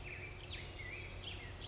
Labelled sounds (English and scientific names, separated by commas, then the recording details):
Black-headed Grosbeak (Pheucticus melanocephalus)
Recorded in Sonoma County, California